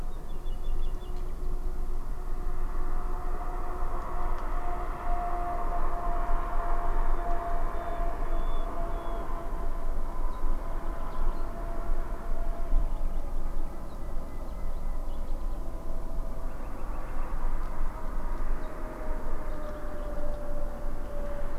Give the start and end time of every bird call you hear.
[0.10, 1.14] Luscinia megarhynchos
[6.89, 9.27] Luscinia megarhynchos
[10.29, 11.41] Luscinia megarhynchos
[12.59, 15.56] Luscinia megarhynchos
[16.49, 17.26] Luscinia megarhynchos
[18.61, 18.69] Cettia cetti
[19.49, 20.37] Cettia cetti

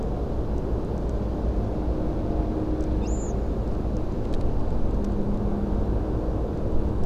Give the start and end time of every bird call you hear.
[3.02, 3.33] Turdus iliacus

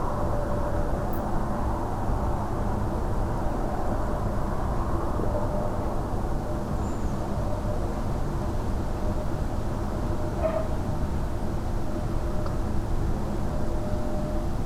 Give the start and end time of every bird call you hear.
[6.82, 7.13] Turdus iliacus

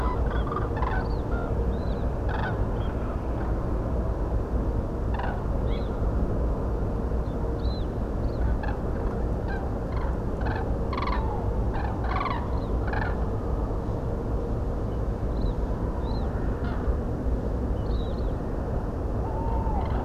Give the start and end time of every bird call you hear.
[0.03, 2.89] Grus grus
[5.13, 5.33] Grus grus
[5.67, 5.91] Grus grus
[5.69, 5.82] Strix aluco
[7.24, 7.89] Grus grus
[8.21, 9.58] Grus grus
[9.90, 10.06] Grus grus
[10.39, 10.64] Grus grus
[10.91, 11.19] Grus grus
[11.16, 11.46] Strix aluco
[11.74, 13.14] Grus grus
[15.30, 15.54] Grus grus
[16.02, 16.27] Grus grus
[16.63, 16.73] Grus grus
[17.74, 18.34] Grus grus
[19.22, 19.85] Strix aluco
[19.78, 20.01] Grus grus

